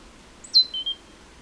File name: Parus major